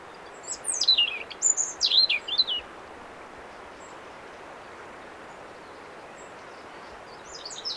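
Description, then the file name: European robin giving one brief, high, sweet phrase of sliding whistles and twitters, followed by several seconds of quiet hiss and a faint high note at the end. "Erithacus rubecula"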